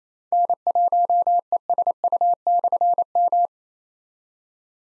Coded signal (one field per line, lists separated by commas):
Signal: Morse code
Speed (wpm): 28 wpm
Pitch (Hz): 700 Hz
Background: none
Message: N1ESU/M